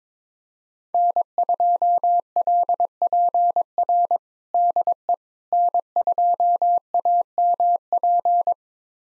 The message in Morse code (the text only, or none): N2LPR DE N2AMP